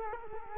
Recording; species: mosquito wingbeat signal from an infrared sensor; Culex quinquefasciatus